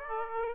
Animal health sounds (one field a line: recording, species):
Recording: mosquito wingbeat signal from an infrared sensor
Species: Aedes aegypti